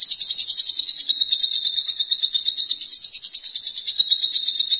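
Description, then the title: Lovebird chattering: an unbroken, rapid, buzzy high-pitched trill with quick regular pulses and small pitch wobbles throughout. "BM Suara Burung Lovebird"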